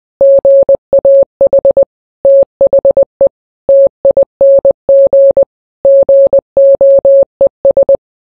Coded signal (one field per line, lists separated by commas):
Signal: Morse code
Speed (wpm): 20 wpm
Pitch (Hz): 550 Hz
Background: none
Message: GAH THE TING GOES